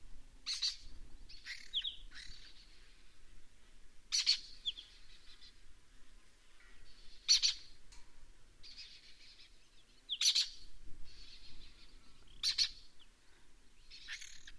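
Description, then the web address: Lesser kestrel giving harsh, rasping calls in short bursts every few seconds, with thinner squeaky notes between them and a faint low rumble underneath. "sound Lesser-kestrel. صدای-پرنده-دلیجه-کوچک"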